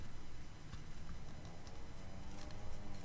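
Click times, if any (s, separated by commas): none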